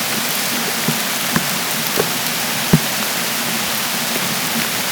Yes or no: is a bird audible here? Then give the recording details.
no. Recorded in dense forest near Puerto Asís, Putumayo, Colombia, on 29 June 2025 at 13:00. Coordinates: 0.484, -76.325. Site H65